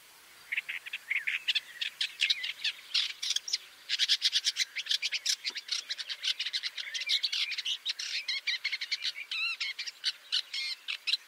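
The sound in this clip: Woodchat shrike delivering a long, dense scratchy warble of rapid clicks, squeaks and rattles, growing busier after a quieter start.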